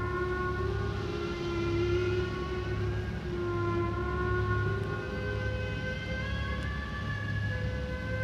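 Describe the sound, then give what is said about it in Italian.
Whale song: long, drawn-out moaning tones that slowly bend up and down in pitch, overlapping one another above a steady low rumble, with no voices. “Lasciando al posto dei loro canti, che continuiamo ad ascoltare in sottofondo, un'acqua tinta e macchiata di rosso.”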